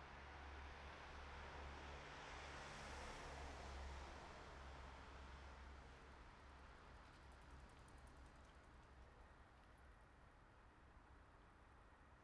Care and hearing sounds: everyday scene through a hearing-aid microphone; in traffic; traffic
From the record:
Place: bus stop on a city main road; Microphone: behind the ear, right, front

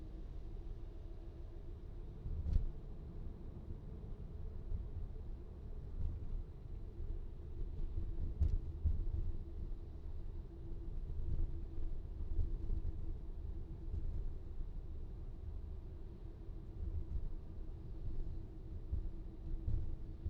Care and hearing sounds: everyday scene through a hearing-aid microphone; in a vehicle; engine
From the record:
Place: VW T5 Caravelle, diesel engine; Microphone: in the ear canal, right

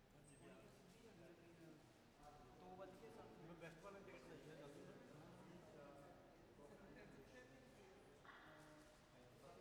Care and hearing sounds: everyday scene through a hearing-aid microphone; reverberant space; background noise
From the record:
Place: railway station hall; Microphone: behind the ear, left, front

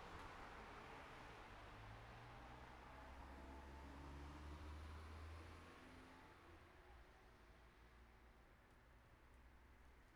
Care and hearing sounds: everyday scene through a hearing-aid microphone; in traffic; traffic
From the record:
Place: city secondary road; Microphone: behind the ear, right, rear

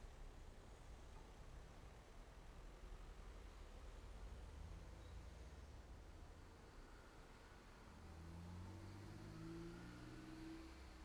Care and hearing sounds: everyday scene through a hearing-aid microphone; in traffic; traffic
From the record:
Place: main road on the outskirts, rush hour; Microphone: behind the ear, left, rear

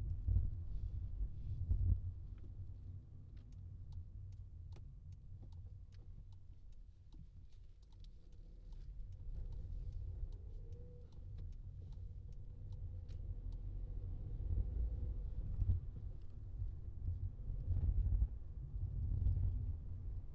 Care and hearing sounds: everyday scene through a hearing-aid microphone; in a vehicle; engine, highway traffic jam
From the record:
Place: Skoda Fabia, gasoline engine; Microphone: in the ear canal, left

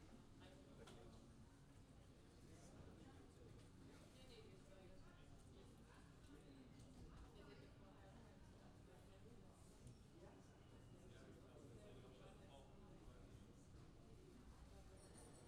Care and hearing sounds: everyday scene through a hearing-aid microphone; many people talking; many voices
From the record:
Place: university cafeteria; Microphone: in the ear canal, left

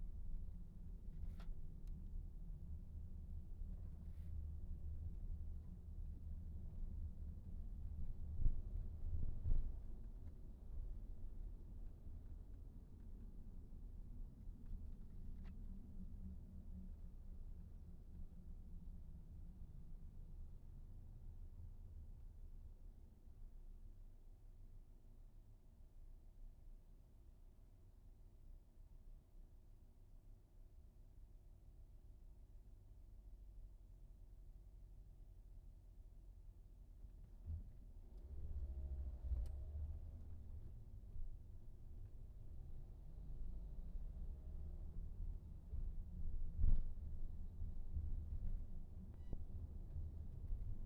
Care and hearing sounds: everyday scene through a hearing-aid microphone; in a vehicle; engine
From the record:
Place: VW T5 Caravelle, diesel engine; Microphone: behind the ear, right, rear

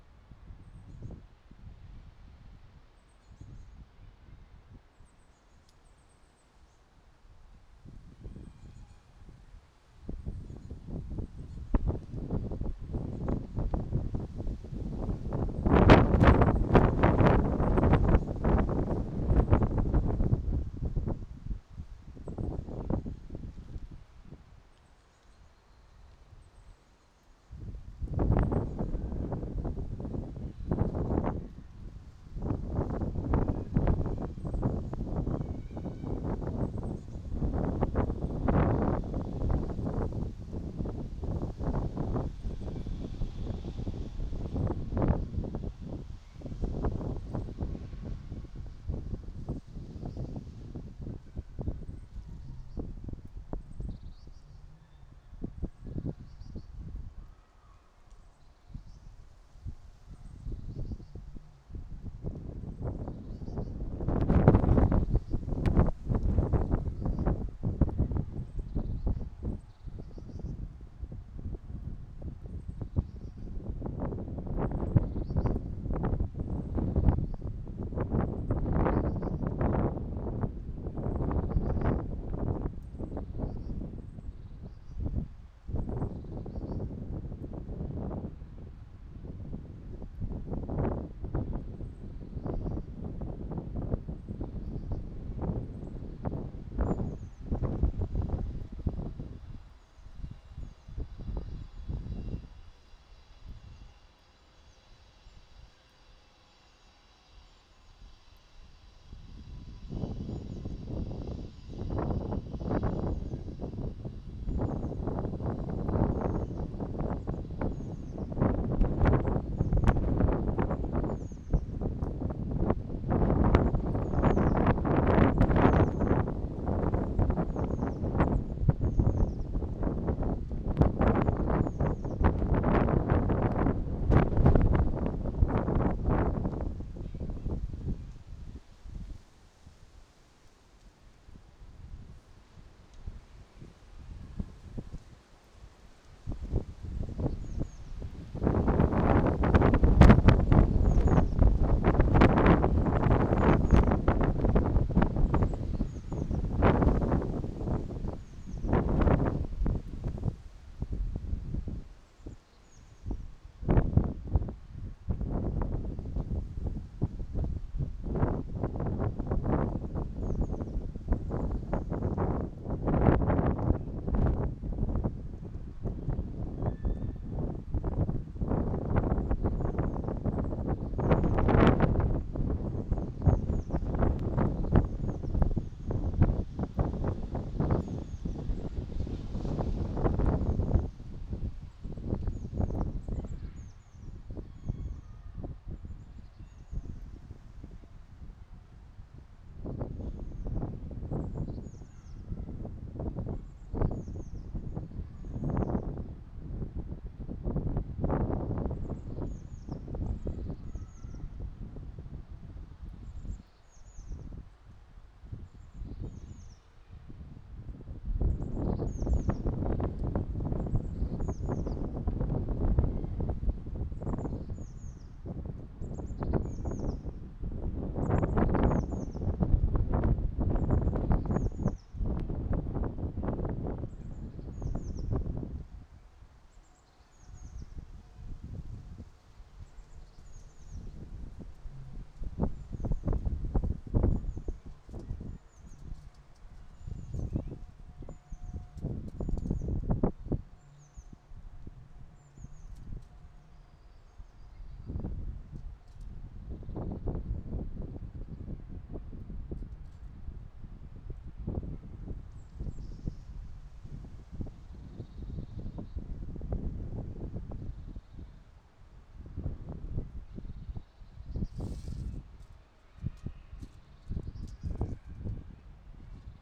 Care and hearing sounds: everyday scene through a hearing-aid microphone; wind on the microphone; squally wind, voices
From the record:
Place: parking lot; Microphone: in the ear canal, right

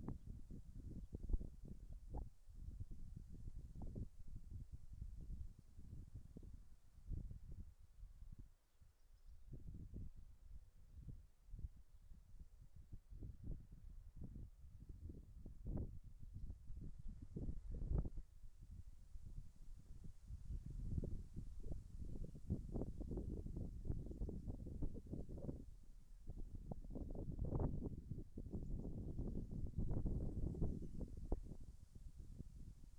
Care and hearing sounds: everyday scene through a hearing-aid microphone; wind on the microphone; wind, birds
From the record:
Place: in front of a rural house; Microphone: behind the ear, right, rear

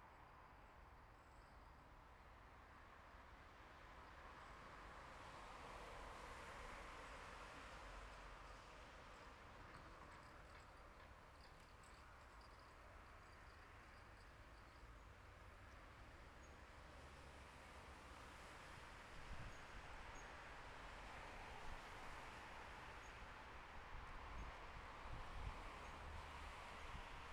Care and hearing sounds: everyday scene through a hearing-aid microphone; in traffic; traffic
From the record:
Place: bus stop on a city main road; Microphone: behind the ear, left, rear

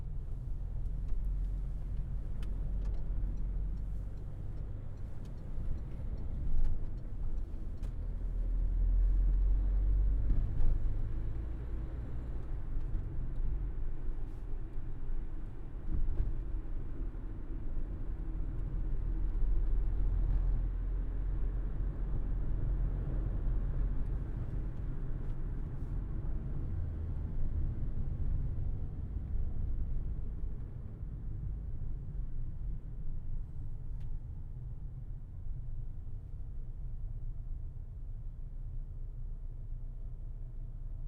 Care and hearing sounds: everyday scene through a hearing-aid microphone; in a vehicle; engine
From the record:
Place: Berlingo II, diesel engine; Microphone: behind the ear, right, front

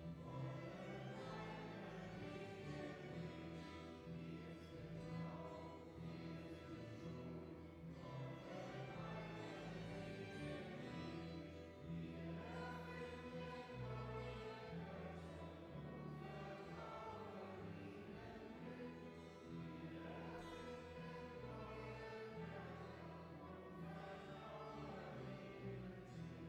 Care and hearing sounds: everyday scene through a hearing-aid microphone; reverberant space; music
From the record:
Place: church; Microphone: behind the ear, left, front

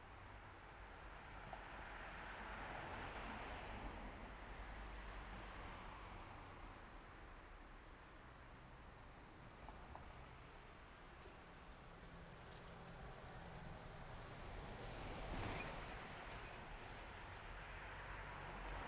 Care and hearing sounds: everyday scene through a hearing-aid microphone; in traffic; traffic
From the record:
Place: main road on the outskirts, rush hour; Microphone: behind the ear, left, front

